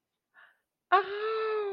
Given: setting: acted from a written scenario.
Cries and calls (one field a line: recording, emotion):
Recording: vocal sound without words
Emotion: positive surprise